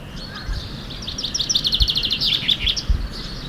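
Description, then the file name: Common chaffinch song: a single fast, rattling trill of high notes ending in a brief flourish, over a soft rumbling background. "Fringilla coelebs"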